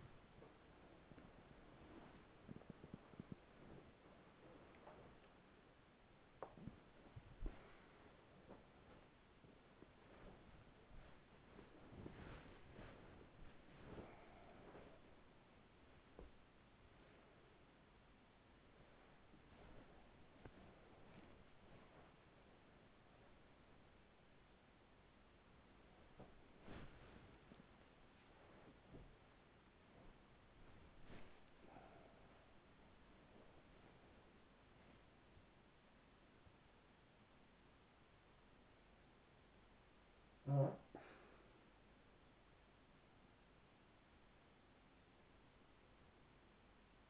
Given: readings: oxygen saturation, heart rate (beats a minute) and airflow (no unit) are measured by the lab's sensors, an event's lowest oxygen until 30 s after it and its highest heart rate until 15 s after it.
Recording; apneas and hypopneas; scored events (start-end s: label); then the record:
a person awake in a sleep study, by a voice recorder at the bedside; none
0.00-47.10 s: awake
From the record:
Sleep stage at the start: awake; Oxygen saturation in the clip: 93 to 96%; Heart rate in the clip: 50 to 74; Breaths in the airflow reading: 9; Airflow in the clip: -10.8 to 10.1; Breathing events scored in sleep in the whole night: 207 in 7.6 hours asleep